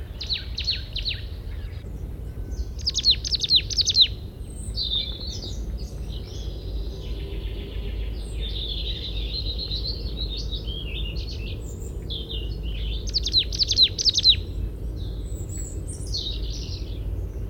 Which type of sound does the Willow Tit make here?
song